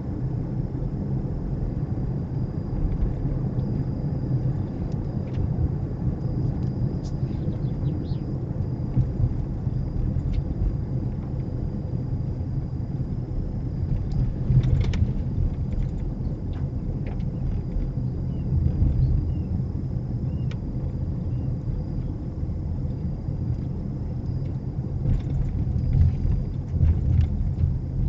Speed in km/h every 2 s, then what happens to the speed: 45, 42, 42, 39, 35, 34, 32, 32, 32, 31, 31, 29, 27, 27.
0-11 slows to 32. 11-28 steady at about 31.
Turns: none.